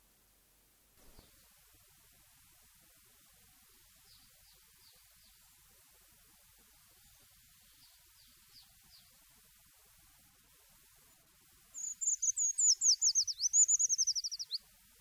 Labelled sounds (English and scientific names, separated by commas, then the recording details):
Eurasian Treecreeper (Certhia familiaris) song
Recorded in the wild
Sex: male
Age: adult
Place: Erlangen, Bayern, DE
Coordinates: 49.5686, 11.0064
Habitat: forest
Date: 1965-06-18
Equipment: Original, Vollspur, Parabolspiegel Grampian
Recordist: Tretzel, Erwin